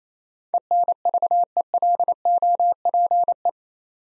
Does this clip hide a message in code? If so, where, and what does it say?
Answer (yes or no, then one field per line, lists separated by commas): yes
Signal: Morse code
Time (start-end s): 0.5-3.5 s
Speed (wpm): 29 wpm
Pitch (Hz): 700 Hz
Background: none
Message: ENVELOPE